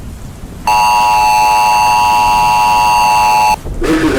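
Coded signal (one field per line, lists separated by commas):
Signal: Emergency Alert System (SAME) tones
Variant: 853 and 960 Hz attention tone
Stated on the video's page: Fictional EAS scenario.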